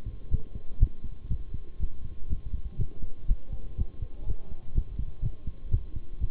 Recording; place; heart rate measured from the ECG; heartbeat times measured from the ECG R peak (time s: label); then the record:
heart sounds by stethoscope; between the tricuspid and mitral areas; 122 bpm
0.31 s: heartbeat
0.80 s: heartbeat
1.30 s: heartbeat
1.80 s: heartbeat
2.29 s: heartbeat
2.78 s: heartbeat
3.28 s: heartbeat
3.77 s: heartbeat
4.26 s: heartbeat
4.75 s: heartbeat
5.23 s: heartbeat
5.71 s: heartbeat
6.20 s: heartbeat
From the record:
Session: bicycle stress test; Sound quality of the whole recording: good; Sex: male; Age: 23 years